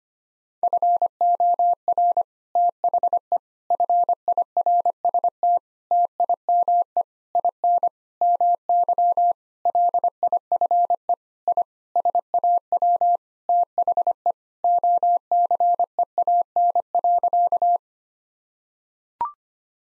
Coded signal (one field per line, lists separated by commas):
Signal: Morse code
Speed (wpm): 25 wpm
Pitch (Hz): 700 Hz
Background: none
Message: FOR THE FIRST TIME IN MY LIFE I SAW THE OCEAN.